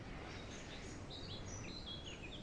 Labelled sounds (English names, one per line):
Eurasian Blackcap